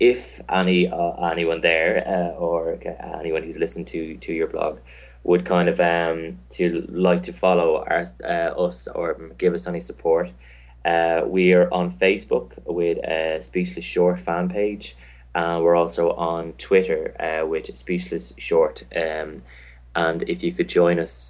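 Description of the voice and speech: Adult man, a film producer who has stammered since age eight, speaking with word repetitions, drawn-out fillers, hard glottal restarts and pauses, typical of stuttering.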